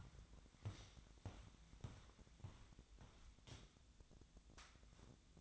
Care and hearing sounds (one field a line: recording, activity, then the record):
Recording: daily activity, microphone in the room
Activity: walk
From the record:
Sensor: 3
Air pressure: 1012.2 hPa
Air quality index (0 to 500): 188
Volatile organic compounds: 3 ppm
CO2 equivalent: 1436 ppm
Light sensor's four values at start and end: 48/124/55/56 and 50/129/57/59